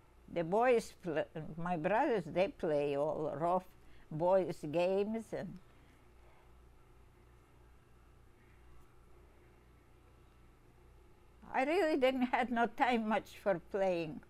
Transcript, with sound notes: The boys pl — my brothers, they play all the rough boys games and — [pause] I really didn't have no time much for playing.